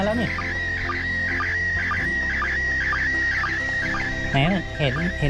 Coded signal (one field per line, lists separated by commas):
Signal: SSTV (slow-scan television)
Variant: PD 120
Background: speech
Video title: ARISS SSTV with kids